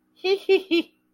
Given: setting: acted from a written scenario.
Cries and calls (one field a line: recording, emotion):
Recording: vocal sound without words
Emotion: amusement